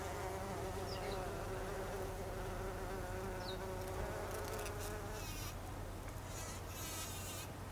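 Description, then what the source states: Bumblebee giving a steady droning buzz for about five seconds before it drops away, leaving rustly background noise and low hum. Recorded 26 August 2012; Icelandic name hunangsflugur, plural.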